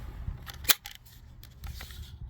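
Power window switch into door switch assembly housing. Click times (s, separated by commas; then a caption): 0.7 s, 0.9 s. A new plastic power window switch for a 2009–2012 Chevrolet Traverse is pressed into the door switch assembly housing until its tabs snap into the openings. A sharp click sounds at 0.7 s and another at 0.9 s, with faint small clicks around it. The switch is seated in the housing.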